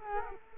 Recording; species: mosquito wingbeat signal from an infrared sensor; Culex quinquefasciatus